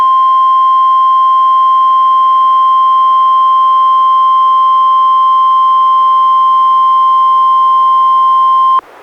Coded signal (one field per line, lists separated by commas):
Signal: Emergency Alert System (SAME) tones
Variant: 1050 Hz attention tone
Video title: EAS #147-151: 5 NWR Required Weekly Tests- Nov. 23-Dec. 21, 2016